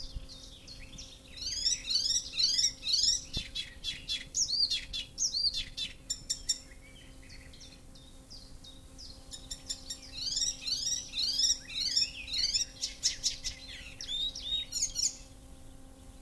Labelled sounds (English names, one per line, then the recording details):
Icterine Warbler song
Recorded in the wild
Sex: male
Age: adult
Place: Möhrendorf, Bayern, DE
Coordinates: 49.6372, 10.9831
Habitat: pond
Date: 1961-05-14
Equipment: Stellavox SM 4, Original, Vollspur
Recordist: Tretzel, Erwin